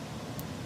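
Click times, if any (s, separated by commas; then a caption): 0.4 s. After being pushed in again, a crimped pin seats in a plastic Futaba connector housing with one short, sharp click at 0.4 s. The click stands out against steady broadband hiss and low rumble. The pin is confirmed seated.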